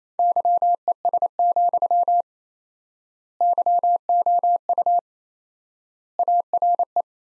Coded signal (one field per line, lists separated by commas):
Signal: Morse code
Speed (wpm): 28 wpm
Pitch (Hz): 700 Hz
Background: none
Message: YES, YOU ARE